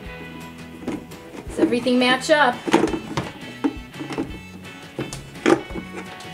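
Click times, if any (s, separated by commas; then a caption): 5.1 s, 5.5 s. The patterned plastic top piece of a LEGO Duplo Paw Patrol Lookout Tower is lined up and pressed down onto the toy-brick structure while music plays and someone talks. Sharp snaps are heard at 5.1 s and 5.5 s as the piece seats into place.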